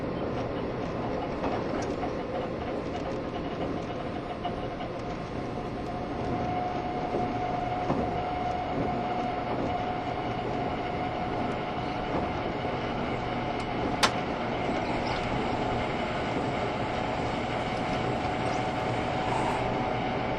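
A Taiwan Railway EMU1200 electric train with nose-suspended traction motors speeds along, its motors giving a steady, dense growl. A held mid-pitched whine runs through nearly the whole clip over a constant low rumble, with faint rail clicks and one sharp clank around fourteen seconds.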